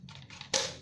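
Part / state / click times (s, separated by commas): plastic spray mop part into the mop body or handle / seated / 0.6 s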